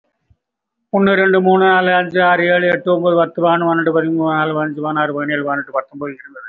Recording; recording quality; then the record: counting at a fast pace; excellent, no background noise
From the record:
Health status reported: recovered from COVID-19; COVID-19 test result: positive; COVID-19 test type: RT-PCR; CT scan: not taken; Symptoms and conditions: cough, cold, breathing difficulty, sore throat, chronic lung disease, pneumonia, another respiratory illness, another condition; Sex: male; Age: 76 years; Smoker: yes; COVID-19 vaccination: one dose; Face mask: worn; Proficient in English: no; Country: India